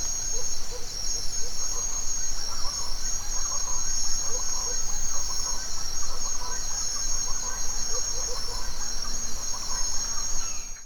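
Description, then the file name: Cricket chorus as a steady piercing high drone, with faint bird notes and low repeated calls in the background. Forest at dawn, Mexico. "nature ambience forest dawn owl birds crickets insects mexico"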